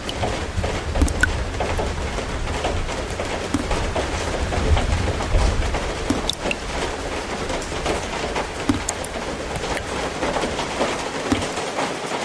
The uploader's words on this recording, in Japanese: 雨漏り。梅雨の6月。とりあえずその辺にあるお皿で水滴受け、お皿がいっぱいになったら他のお皿に変え。